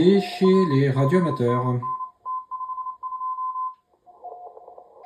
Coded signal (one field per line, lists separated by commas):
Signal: Morse code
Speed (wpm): 29 wpm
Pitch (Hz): 1030 Hz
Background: speech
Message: R 5NN T52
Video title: Le morse n'est pas mort! comment cela fonctionne?